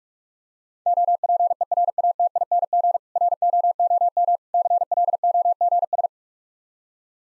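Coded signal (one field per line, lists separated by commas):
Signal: Morse code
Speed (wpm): 46 wpm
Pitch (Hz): 700 Hz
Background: none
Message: OPERATING ROOM CLOGS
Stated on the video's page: Morse code practice of difficult words at 45 wpm, with contextual hints.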